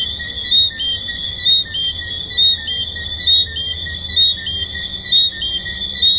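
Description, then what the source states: Tree frogs producing steady high whistles, short notes and regular louder bursts nearly every second, forming a ringing chorus. Recorded at the Hedonism II resort.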